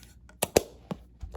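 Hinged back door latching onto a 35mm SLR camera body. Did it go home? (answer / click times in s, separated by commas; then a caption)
yes / 0.4 s, 0.6 s. The hinged back door of a Minolta SR-7 35mm SLR film camera is pressed shut onto the body after film is loaded. Two sharp latch clicks at 0.4 s and 0.6 s are followed by fainter ticks near 0.9 s and 1.35 s. The door latches and locks in place.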